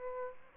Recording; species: mosquito wingbeat signal from an infrared sensor; Aedes albopictus